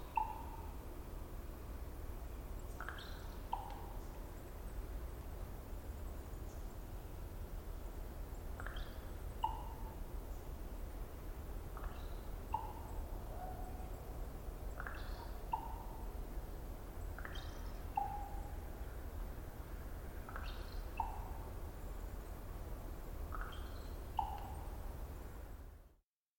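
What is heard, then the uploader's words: A raven gives short, popping chirps and clicks every couple of seconds over a steady low rumble, ending abruptly near the end. Raven Twittering-Pop. This is from a raven that settled somewhere around 50 ft above above me (and some distance away) and proceeded to make this brilliant “twittery-pop”.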